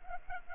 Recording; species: mosquito wingbeat signal from an infrared sensor; Culex pipiens